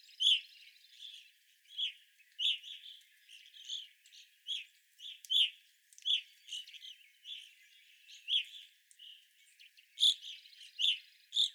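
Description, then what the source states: Evening grosbeak calls, many ringing chirps at irregular intervals, with softer notes and buzzy notes between. Evening grosbeaks, 25 April 2021.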